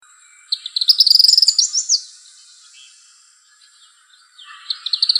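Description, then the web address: Tropical kingbird calls: high, rapid twittering trills of sharp notes, one burst of about a second and a half, then a second trill starting near the end. Arizona. "Flycatchers TRKI. deviche"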